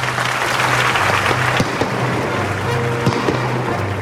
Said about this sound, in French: Va-t-il applaudir? C'est fait.